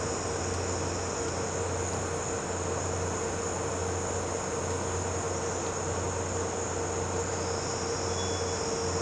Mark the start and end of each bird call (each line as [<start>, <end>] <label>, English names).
[8.04, 8.56] Cinereous Tinamou